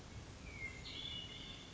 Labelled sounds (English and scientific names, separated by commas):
Hermit Thrush (Catharus guttatus)